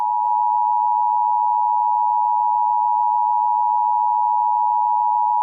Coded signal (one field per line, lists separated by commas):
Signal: Emergency Alert System (SAME) tones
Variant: 853 and 960 Hz attention tone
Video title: Mini EAS, LEAVE AND RUN. (Epilepsy warning!)